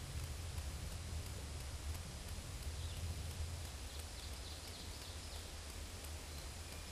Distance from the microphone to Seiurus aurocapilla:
about 115 m